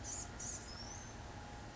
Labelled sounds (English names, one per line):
Blue-gray Gnatcatcher